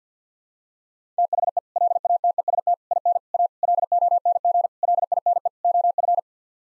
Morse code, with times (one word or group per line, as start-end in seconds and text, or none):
1.2-1.6 THE
1.8-2.7 LATEST
2.9-3.2 IN
3.3-3.5 A
3.6-4.7 LONG
4.8-5.5 LINE
5.6-6.2 OF